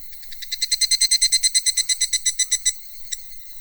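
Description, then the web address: Cicada call, loud rapid buzzy pulses, fading after nearly three seconds, then one last pulse. "sound cicadas-hi"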